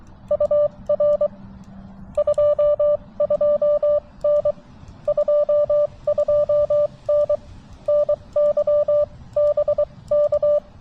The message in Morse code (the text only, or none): UR 22N 22N NY BK